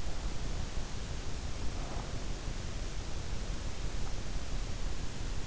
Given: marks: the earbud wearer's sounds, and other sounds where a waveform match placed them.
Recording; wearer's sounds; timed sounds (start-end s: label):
sounds in sleep by an in-ear microphone; breath
1.54-2.46 s: breath